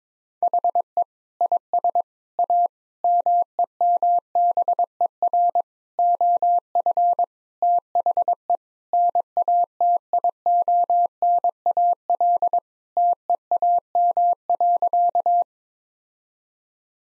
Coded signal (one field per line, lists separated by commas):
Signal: Morse code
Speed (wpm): 22 wpm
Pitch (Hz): 700 Hz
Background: none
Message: HE IS A MEMBER OF THE NATIONAL TEAM.